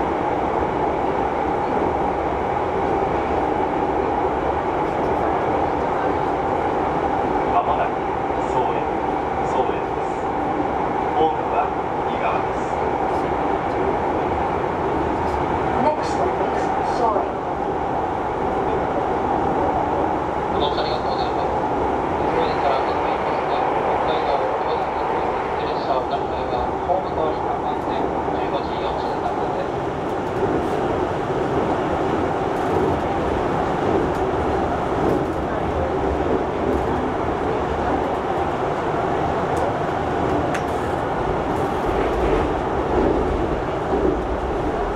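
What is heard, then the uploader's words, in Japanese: A train rolls along steadily, its low rumble and rattling wheels holding an even level the whole way through. Faint voices murmur in the background, and a thin, bright tone chirps briefly around the middle, between about 20 and 30 seconds. 2018年10月北海道の列車。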